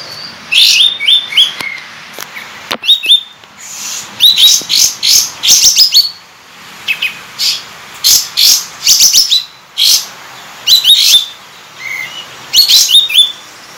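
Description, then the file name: Sooty-headed Bulbul song of rapid, high chirped notes in lively groups, with short gaps between bursts. Kapas tembak 'buka ekor' (tail-opening) song style, used for training cage birds. "suara kapas tembak buka ekor"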